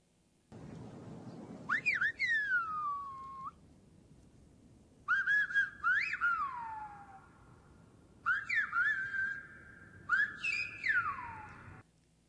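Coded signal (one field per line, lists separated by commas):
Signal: whistled language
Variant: Silbo Gomero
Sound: four phrases of loud gliding whistles, pitch swooping up and down, long falling tails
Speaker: so this is actually a form of spanish spoken on or whistled on the canary islands silva gumero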